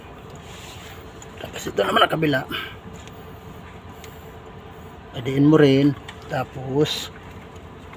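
A hose connector is handled at a truck line fitting while someone talks in two short bursts over a steady low background hum. The clip ends before the connector goes home, and nothing has seated or clicked yet.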